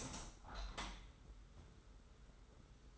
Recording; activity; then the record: daily activity, microphone in the room; open window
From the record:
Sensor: 3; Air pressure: 991.2 hPa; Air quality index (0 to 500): 112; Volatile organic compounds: 64 ppm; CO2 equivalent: 3456 ppm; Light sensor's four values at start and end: 47/129/53/46 and 46/128/52/46